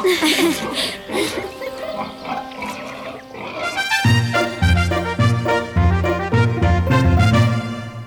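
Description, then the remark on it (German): Dirty pigs on a farm grunt and oink in a rough, jumbled run of snorts for about four seconds before a bouncy melody with a stepping bass line takes over. “Dreckschweine, müssen die so schmutzig sein?”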